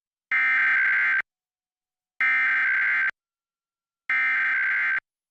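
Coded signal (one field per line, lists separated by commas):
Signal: Emergency Alert System (SAME) tones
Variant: header bursts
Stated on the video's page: EAS test from a CW television affiliate in San Antonio, mistakenly sent as a Required Weekly Test instead of the mandated test.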